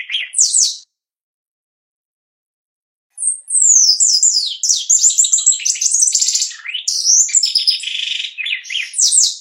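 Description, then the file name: Shiny cowbird song: a short high phrase, a long pause, then an extended warbling run of liquid whistles, buzzy trills and slurred high notes. "canto do chupim"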